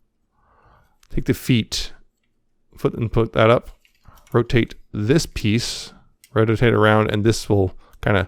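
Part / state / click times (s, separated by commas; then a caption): plastic rotating limb piece into the action figure's body / not seated / none. Someone talks while transforming a Transformers Legacy Jhiaxus plastic action figure, rotating a plastic limb piece around toward the figure's body, with light handling sounds between the words. Nothing has seated or clicked into place yet.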